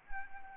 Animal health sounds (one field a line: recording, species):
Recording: mosquito wingbeat signal from an infrared sensor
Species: Anopheles arabiensis